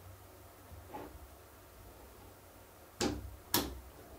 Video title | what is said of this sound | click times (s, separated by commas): Threadripper build VLOG part 5: MSI X399 SLI Plus, Gigabyte GTX1080 and Ryzen 1920X | apply the right amount of pressure, you'll hear a click just there, and you proceed to the second one. | 3.0 s, 3.5 s